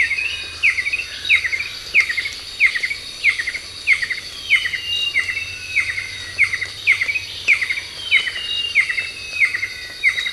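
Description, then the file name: Banded kingfisher calling with a long series of sharp whistled notes that drop in pitch, roughly one and a half per second, over steady high insect buzzing. "cekakak hutan melayu"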